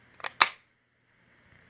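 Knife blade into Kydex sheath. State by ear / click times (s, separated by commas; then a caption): seated / 0.4 s. A small TOPS Fieldcraft 3.5 fixed-blade knife is pushed into its Kydex sheath. A lighter click at 0.3 s comes before a sharp, loud snap at 0.4 s as the sheath retains the blade, and then there is near silence with a faint hum. The knife is firmly seated in the sheath.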